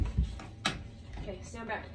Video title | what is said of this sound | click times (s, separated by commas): Judging VIRAL Paranormal Videos | Shut the door, make sure it clicks. | 0.7 s